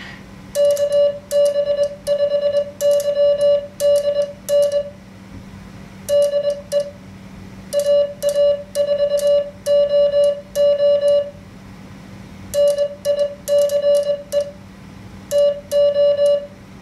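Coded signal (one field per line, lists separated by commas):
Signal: Morse code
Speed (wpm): 21 wpm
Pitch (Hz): 580 Hz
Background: music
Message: KB5YDN DE AA4OO NICE TO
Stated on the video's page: Simulated Morse QSO practice generated by the QSO simulator in an MFJ-493 keyer.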